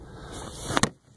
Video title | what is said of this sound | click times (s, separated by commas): Toyota Camry Hybrid 2006-2011 Rear Light Replacement. Easy! 2 minutes!! | clockwise and that'll click right into place | 0.8 s